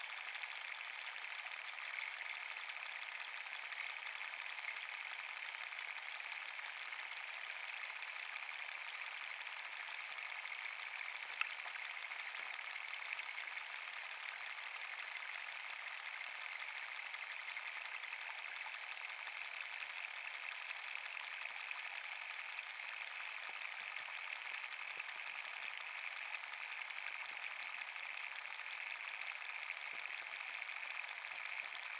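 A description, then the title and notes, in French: Hydrophone recording from Parc Jean-Jacques Rousseau: a steady, dense hiss centered in the mid-to-high range, unchanging throughout, with one brief click near eleven seconds. Enregistrement hydrophonique, Parc Jean-Jacques Rousseau (Ermenonville, France). Sound Devices 722; Aquarian Audio H2a-XLR hydrophones.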